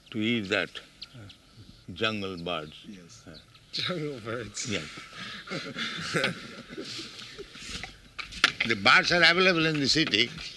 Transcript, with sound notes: to eat that jungle birds.
Jungle birds. [laughter]
Yes. The birds are available in the city,